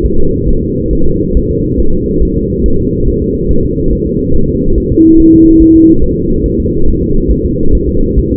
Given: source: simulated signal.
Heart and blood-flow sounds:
fetal heart sounds
0.05 s: S1
0.20 s: S2
0.49 s: S1
0.63 s: S2
0.93 s: S1
1.07 s: S2
1.37 s: S1
1.51 s: S2
1.80 s: S1
1.94 s: S2
2.23 s: S1
2.37 s: S2
2.66 s: S1
2.80 s: S2
3.08 s: S1
3.22 s: S2
3.51 s: S1
3.65 s: S2
3.93 s: S1
4.07 s: S2
4.35 s: S1
4.49 s: S2
4.78 s: S1
4.92 s: S2
5.20 s: S1
5.34 s: S2
5.62 s: S1
5.76 s: S2
6.04 s: S1
6.18 s: S2
6.46 s: S1
6.60 s: S2
6.88 s: S1
7.02 s: S2
7.31 s: S1
7.45 s: S2
7.75 s: S1
7.89 s: S2
8.19 s: S1
8.33 s: S2
From the record:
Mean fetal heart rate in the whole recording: 140 bpm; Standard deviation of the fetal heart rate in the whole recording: 2 bpm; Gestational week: 34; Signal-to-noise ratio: -19.1 dB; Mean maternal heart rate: 72 bpm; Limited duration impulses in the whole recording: present

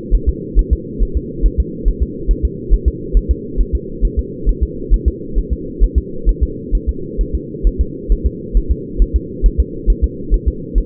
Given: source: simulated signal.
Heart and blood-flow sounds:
fetal heart sounds
0.15 s: S1
0.29 s: S2
0.59 s: S1
0.73 s: S2
1.03 s: S1
1.17 s: S2
1.46 s: S1
1.60 s: S2
1.88 s: S1
2.03 s: S2
2.31 s: S1
2.45 s: S2
2.74 s: S1
2.88 s: S2
3.17 s: S1
3.31 s: S2
3.61 s: S1
3.75 s: S2
4.05 s: S1
4.19 s: S2
4.49 s: S1
4.63 s: S2
4.94 s: S1
5.08 s: S2
5.38 s: S1
5.53 s: S2
5.84 s: S1
5.98 s: S2
6.29 s: S1
6.43 s: S2
6.75 s: S1
6.89 s: S2
7.21 s: S1
7.35 s: S2
7.67 s: S1
7.81 s: S2
8.12 s: S1
8.27 s: S2
8.57 s: S1
8.71 s: S2
9.02 s: S1
9.16 s: S2
9.46 s: S1
9.60 s: S2
9.90 s: S1
10.04 s: S2
10.34 s: S1
10.48 s: S2
10.78 s: S1
From the record:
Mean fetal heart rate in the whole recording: 135 bpm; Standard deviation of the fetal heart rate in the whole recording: 3 bpm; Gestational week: 36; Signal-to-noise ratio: -4.3 dB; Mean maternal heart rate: 72 bpm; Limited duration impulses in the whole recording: absent

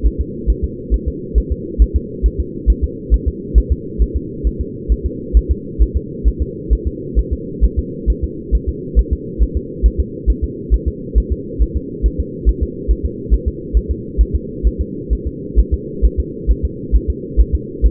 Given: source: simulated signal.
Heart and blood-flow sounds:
fetal heart sounds
0.06 s: S1
0.21 s: S2
0.50 s: S1
0.64 s: S2
0.94 s: S1
1.08 s: S2
1.38 s: S1
1.52 s: S2
1.82 s: S1
1.96 s: S2
2.26 s: S1
2.40 s: S2
2.70 s: S1
2.84 s: S2
3.14 s: S1
3.28 s: S2
3.58 s: S1
3.72 s: S2
4.02 s: S1
4.16 s: S2
4.47 s: S1
4.61 s: S2
4.92 s: S1
5.06 s: S2
5.37 s: S1
5.51 s: S2
5.82 s: S1
5.97 s: S2
6.28 s: S1
6.42 s: S2
6.73 s: S1
6.87 s: S2
7.19 s: S1
7.33 s: S2
7.64 s: S1
7.79 s: S2
8.10 s: S1
8.24 s: S2
8.55 s: S1
8.69 s: S2
8.99 s: S1
9.13 s: S2
9.43 s: S1
9.57 s: S2
9.86 s: S1
10.00 s: S2
10.30 s: S1
10.44 s: S2
10.74 s: S1
10.88 s: S2
11.18 s: S1
11.32 s: S2
11.62 s: S1
11.77 s: S2
12.06 s: S1
12.20 s: S2
12.49 s: S1
12.63 s: S2
12.91 s: S1
13.05 s: S2
13.34 s: S1
13.48 s: S2
13.77 s: S1
13.91 s: S2
14.21 s: S1
14.35 s: S2
14.67 s: S1
14.81 s: S2
15.13 s: S1
15.27 s: S2
15.59 s: S1
15.74 s: S2
16.05 s: S1
16.20 s: S2
16.51 s: S1
16.65 s: S2
16.95 s: S1
17.10 s: S2
17.40 s: S1
17.55 s: S2
17.86 s: S1
From the record:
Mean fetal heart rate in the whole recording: 135 bpm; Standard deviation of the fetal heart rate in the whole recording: 3 bpm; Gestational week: 34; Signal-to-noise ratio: -4.1 dB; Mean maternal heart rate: no maternal heart sound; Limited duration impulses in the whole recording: absent

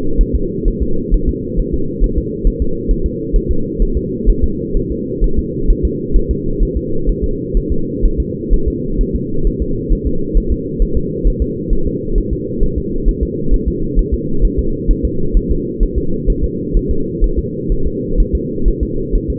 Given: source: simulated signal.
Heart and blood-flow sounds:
fetal heart sounds
0.21 s: S1
0.35 s: S2
0.68 s: S1
0.83 s: S2
1.14 s: S1
1.29 s: S2
1.60 s: S1
1.74 s: S2
2.04 s: S1
2.18 s: S2
2.47 s: S1
2.62 s: S2
2.91 s: S1
3.06 s: S2
3.36 s: S1
3.51 s: S2
3.82 s: S1
3.97 s: S2
4.30 s: S1
4.44 s: S2
4.77 s: S1
4.92 s: S2
5.24 s: S1
5.39 s: S2
5.70 s: S1
5.85 s: S2
6.16 s: S1
6.31 s: S2
6.63 s: S1
6.77 s: S2
7.09 s: S1
7.24 s: S2
7.57 s: S1
7.72 s: S2
8.05 s: S1
8.20 s: S2
8.53 s: S1
8.68 s: S2
9.01 s: S1
9.16 s: S2
9.47 s: S1
9.62 s: S2
9.93 s: S1
10.07 s: S2
10.38 s: S1
10.52 s: S2
10.82 s: S1
10.97 s: S2
11.27 s: S1
11.42 s: S2
11.73 s: S1
11.87 s: S2
12.18 s: S1
12.33 s: S2
12.63 s: S1
12.78 s: S2
13.09 s: S1
13.23 s: S2
13.54 s: S1
13.68 s: S2
13.99 s: S1
14.14 s: S2
14.45 s: S1
14.59 s: S2
14.91 s: S1
15.05 s: S2
15.37 s: S1
15.51 s: S2
15.83 s: S1
15.98 s: S2
16.30 s: S1
16.44 s: S2
16.77 s: S1
16.91 s: S2
17.24 s: S1
17.39 s: S2
17.72 s: S1
17.87 s: S2
18.20 s: S1
18.35 s: S2
18.68 s: S1
18.83 s: S2
19.15 s: S1
19.30 s: S2
From the record:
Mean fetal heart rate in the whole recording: 130 bpm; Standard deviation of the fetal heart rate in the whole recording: 4 bpm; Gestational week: 38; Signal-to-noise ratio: -8.1 dB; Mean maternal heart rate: 72 bpm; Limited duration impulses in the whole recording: absent

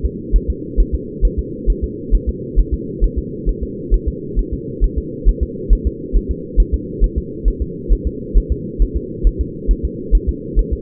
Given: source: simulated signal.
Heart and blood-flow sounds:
fetal heart sounds
0.06 s: S2
0.36 s: S1
0.50 s: S2
0.80 s: S1
0.95 s: S2
1.25 s: S1
1.39 s: S2
1.70 s: S1
1.84 s: S2
2.15 s: S1
2.29 s: S2
2.59 s: S1
2.74 s: S2
3.04 s: S1
3.18 s: S2
3.49 s: S1
3.63 s: S2
3.94 s: S1
4.08 s: S2
4.39 s: S1
4.53 s: S2
4.84 s: S1
4.98 s: S2
5.29 s: S1
5.43 s: S2
5.73 s: S1
5.87 s: S2
6.16 s: S1
6.31 s: S2
6.60 s: S1
6.74 s: S2
7.04 s: S1
7.18 s: S2
7.48 s: S1
7.62 s: S2
7.93 s: S1
8.07 s: S2
8.38 s: S1
8.52 s: S2
8.82 s: S1
8.97 s: S2
9.27 s: S1
9.41 s: S2
9.71 s: S1
9.85 s: S2
10.15 s: S1
10.29 s: S2
10.59 s: S1
10.73 s: S2
From the record:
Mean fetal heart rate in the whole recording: 135 bpm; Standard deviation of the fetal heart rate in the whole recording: 3 bpm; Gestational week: 36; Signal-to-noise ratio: -4.1 dB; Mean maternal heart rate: no maternal heart sound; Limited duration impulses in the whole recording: absent

